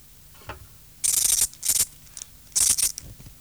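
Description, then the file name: Ancylecha katydid giving three loud bursts of high-pitched scratchy pulses, with brief quiet gaps and a low hum underneath. "Ancylecha sp"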